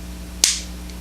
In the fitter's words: just like that it'll lock into place now this becomes a